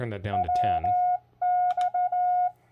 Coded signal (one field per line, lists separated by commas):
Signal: Morse code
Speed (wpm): 15 wpm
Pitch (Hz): 720 Hz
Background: speech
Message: WX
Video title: How good is it for a new ham?